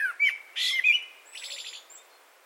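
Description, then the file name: Eurasian blackbird song fragment: a few whistled notes followed by a thin, high, rapid twitter. "Turdus merula"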